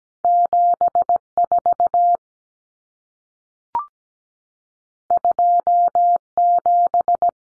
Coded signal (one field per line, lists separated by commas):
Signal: Morse code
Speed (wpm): 17 wpm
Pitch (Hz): 700 Hz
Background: none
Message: 74 27